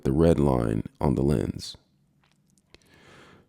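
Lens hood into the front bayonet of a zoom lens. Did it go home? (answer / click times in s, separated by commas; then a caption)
yes / 2.7 s. A plastic lens hood is set into the front bayonet of a Sony FE 24-105mm F4 G OSS zoom lens and turned clockwise. Someone talks first, then a few faint ticks follow before the hood clicks into place at 2.7 s. A soft rustle trails off afterward.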